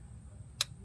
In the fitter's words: hear that click that means we're tightened up all good to go